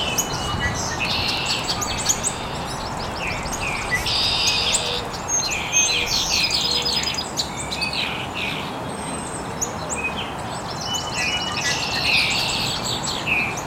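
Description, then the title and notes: Birds chirping, a dense overlapping chorus of high twittering and whistled notes throughout, over a steady low background hiss. Birds chirping very early in the morning in an estuary. "Birds Chirping in the Early Morning. Original sounds of birds chirping very early in the morning in an estuary"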